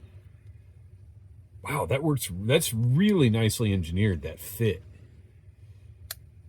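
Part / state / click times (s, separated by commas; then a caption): plastic insert piece into action figure shield / seated / 6.1 s. A translucent green plastic insert is pressed into the shield of a G.I. Joe Classified Series Crystal Ball action figure, with the shield bent slightly so the insert can pop in. Someone talks from about 1.6 to 4.8 seconds, then after a quiet pause a single sharp click is heard at 6.1 seconds as the insert seats in place.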